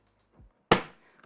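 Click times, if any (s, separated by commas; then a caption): 0.7 s. During assembly, a part is pressed onto the frame of a Snapmaker U1 3D printer and snaps into place with a loud, sharp snap at 0.7 s that rings briefly, making it feel secure. A faint low thump comes just before, around 0.4 s, and two small ticks follow near 1.2 s.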